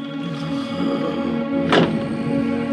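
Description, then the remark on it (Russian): A bedroom door opens and is locked before dawn in Iping, heard as one short, muffled thunk of the latch over a steady low hum, with no voices. “В предрассветной тишине ей показалось, что кто-то открыл и запер дверь их спальни.”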